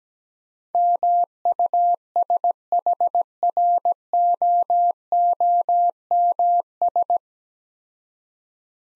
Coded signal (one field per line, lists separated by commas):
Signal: Morse code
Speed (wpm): 17 wpm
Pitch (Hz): 700 Hz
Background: none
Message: MUSHROOMS